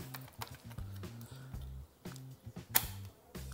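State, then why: Seated. A laptop RAM memory module is pressed down into its laptop memory slot over background music, with a few faint ticks before a sharp click at 2.8 s as the retaining clips lock. The module is seated.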